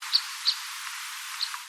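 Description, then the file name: Red crossbill call notes: three short, high chirps, two close together near the start and one near the end, over a steady hiss of background noise. "isuka"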